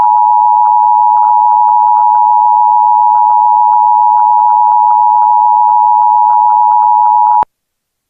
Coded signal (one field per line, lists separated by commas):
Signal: Emergency Alert System (SAME) tones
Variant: 853 and 960 Hz attention tone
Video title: Toon Jones EAS (March 18th, 2026)